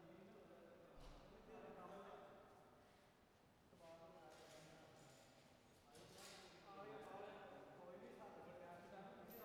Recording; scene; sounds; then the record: everyday scene through a hearing-aid microphone; reverberant space; background noise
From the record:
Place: railway station hall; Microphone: behind the ear, right, rear